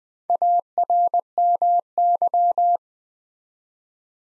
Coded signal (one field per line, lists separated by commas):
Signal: Morse code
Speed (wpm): 20 wpm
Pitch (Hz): 700 Hz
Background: none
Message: ARMY